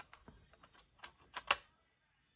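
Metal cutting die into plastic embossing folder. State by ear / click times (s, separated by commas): seated / 1.5 s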